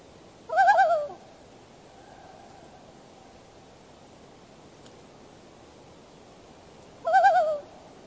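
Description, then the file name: Loon calls, two short wavering cries several seconds apart, the first near the start and the second near the end, with quiet hiss between. "Loon Bird"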